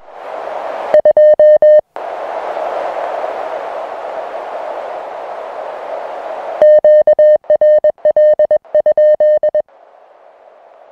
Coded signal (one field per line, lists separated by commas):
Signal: Morse code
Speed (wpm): 20 wpm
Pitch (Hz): 610 Hz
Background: music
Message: 2 QRL?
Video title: Idaho QSO Audio